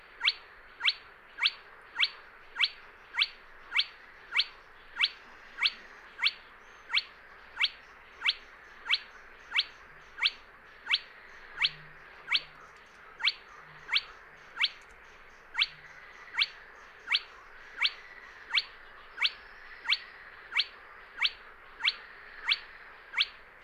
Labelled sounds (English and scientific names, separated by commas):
Spotted Crake (Porzana porzana)